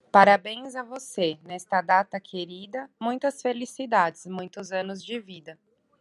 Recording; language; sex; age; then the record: short text; Brazilian Portuguese; female; 40 to 49 years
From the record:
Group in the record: control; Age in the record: 42 years